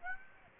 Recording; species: mosquito wingbeat signal from an infrared sensor; Aedes aegypti